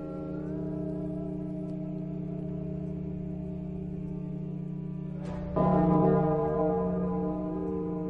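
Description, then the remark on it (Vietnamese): A deep temple bell at a mountain sect, struck with a fist amid rumbling thunder, hums with a low, sustained resonance, then a sharp strike makes it swell louder and ring on with a lingering, echoing tone. “Chỉ trong thoáng chốc, lẫn trong tiếng sấm rền ấy, tiếng chuông bắt đầu vang vọng khắp cả sơn môn. Tiếng chuông bay vút lên cao, nghe vang vọng vô cùng.”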